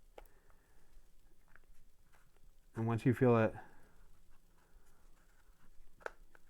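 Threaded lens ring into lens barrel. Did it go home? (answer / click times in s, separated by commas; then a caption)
yes / 6.1 s. A threaded lens ring or element on the metal barrel of a Mamiya 55mm f/1.4 lens is turned backwards until the thread start drops into the start of the groove, then threaded forward. Someone talks briefly, then a small, sharp click is heard at 6.1 s. The thread is seated at the groove point.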